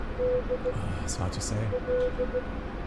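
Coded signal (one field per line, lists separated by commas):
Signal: Morse code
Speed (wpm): 16 wpm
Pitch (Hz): 500 Hz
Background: speech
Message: D L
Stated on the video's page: Morse heard in the DCS UH-1 Huey flight simulator game, Peacekeeper Campaign mission.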